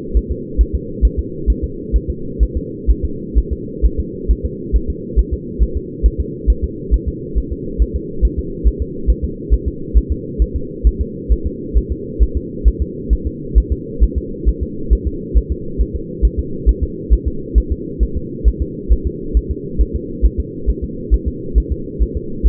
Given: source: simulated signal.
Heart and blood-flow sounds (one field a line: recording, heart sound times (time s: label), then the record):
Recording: fetal heart sounds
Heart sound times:
0.17 s: S1
0.31 s: S2
0.61 s: S1
0.75 s: S2
1.05 s: S1
1.19 s: S2
1.50 s: S1
1.64 s: S2
1.96 s: S1
2.10 s: S2
2.43 s: S1
2.57 s: S2
2.91 s: S1
3.05 s: S2
3.38 s: S1
3.52 s: S2
3.85 s: S1
4.00 s: S2
4.31 s: S1
4.45 s: S2
4.76 s: S1
4.90 s: S2
5.19 s: S1
5.34 s: S2
5.63 s: S1
5.77 s: S2
6.06 s: S1
6.20 s: S2
6.50 s: S1
6.64 s: S2
6.94 s: S1
7.08 s: S2
7.38 s: S1
7.52 s: S2
7.82 s: S1
7.96 s: S2
8.25 s: S1
8.39 s: S2
8.68 s: S1
8.82 s: S2
9.10 s: S1
9.24 s: S2
9.54 s: S1
9.68 s: S2
9.98 s: S1
10.12 s: S2
10.42 s: S1
10.56 s: S2
10.87 s: S1
11.01 s: S2
11.32 s: S1
11.46 s: S2
11.77 s: S1
11.92 s: S2
12.23 s: S1
12.37 s: S2
12.68 s: S1
12.82 s: S2
13.13 s: S1
13.27 s: S2
13.58 s: S1
13.72 s: S2
14.03 s: S1
14.18 s: S2
14.48 s: S1
14.63 s: S2
14.93 s: S1
15.07 s: S2
15.37 s: S1
15.52 s: S2
15.81 s: S1
15.96 s: S2
16.25 s: S1
16.39 s: S2
16.69 s: S1
16.83 s: S2
17.13 s: S1
17.28 s: S2
17.58 s: S1
17.72 s: S2
18.03 s: S1
18.17 s: S2
18.48 s: S1
18.62 s: S2
18.93 s: S1
19.07 s: S2
19.37 s: S1
19.51 s: S2
19.81 s: S1
19.96 s: S2
20.26 s: S1
20.40 s: S2
20.70 s: S1
20.84 s: S2
21.14 s: S1
21.28 s: S2
21.58 s: S1
21.72 s: S2
22.02 s: S1
22.17 s: S2
22.47 s: S1
From the record:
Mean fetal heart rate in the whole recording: 135 bpm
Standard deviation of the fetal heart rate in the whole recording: 3 bpm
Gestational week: 34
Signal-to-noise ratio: -4.3 dB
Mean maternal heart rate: 72 bpm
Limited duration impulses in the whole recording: absent